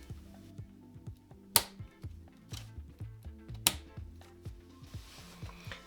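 A second RAM memory module is pressed firmly into its motherboard DIMM slot, giving two sharp latch clicks at 1.6 s and 3.7 s over steady background music. The module is seated.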